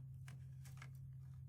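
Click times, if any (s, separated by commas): none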